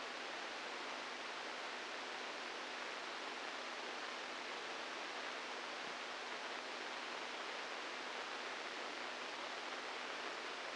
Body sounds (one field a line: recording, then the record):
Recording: brain microelectrode recording played as sound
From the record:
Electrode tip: inside the subthalamic nucleus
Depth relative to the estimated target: -2 mm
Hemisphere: right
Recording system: NeuroSet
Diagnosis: Parkinson's disease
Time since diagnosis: 8 years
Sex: male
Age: 46 years